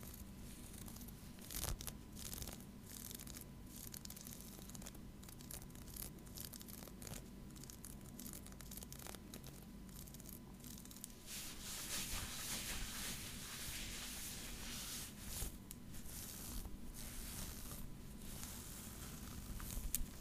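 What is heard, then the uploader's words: Fabric scratching with dense, rough tearing-like rasps over a steady low hum, bursts growing busier and brighter after about eleven seconds. Fabric Scratching. In dieser Folge verwende ich unterschiedliche Stoffe.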